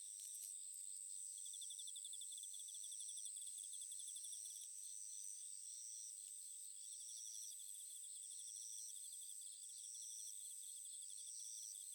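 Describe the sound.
Cricket chirping: rapid high-pitched pulsed trills in short bursts, layered over a steady thin whining tone, continuing throughout at low volume.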